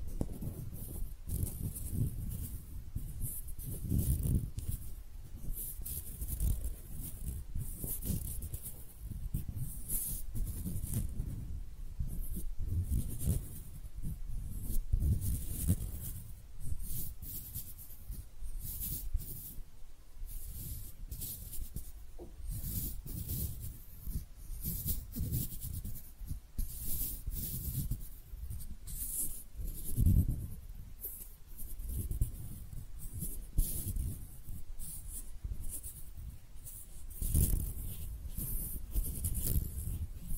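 Hand sounds go on continuously: rubbing, brushing and scratching with dense, irregular bursts of soft low rumble and crisp high hiss. The texture shifts constantly without settling into a beat, with slightly stronger strokes around 4, 15, 30 and 37 seconds.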